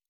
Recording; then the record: hydrophone in a shrimp aquaculture tank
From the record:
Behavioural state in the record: normal